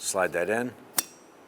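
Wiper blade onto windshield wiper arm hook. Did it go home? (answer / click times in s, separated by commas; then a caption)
yes / 1.0 s. A new front windshield wiper blade on a 1995–2001 Ford Explorer is slid onto the J-hook of the wiper arm and pushed up until its spring clip locks. Someone talks briefly, then a single sharp click is heard at 0.9 s, followed by quiet. The blade is seated and locked onto the arm hook.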